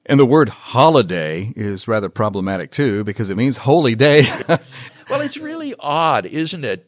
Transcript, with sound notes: And the word 'holiday' is rather problematic too because it means holy day. [laughter]
Well, it's really odd – isn't it?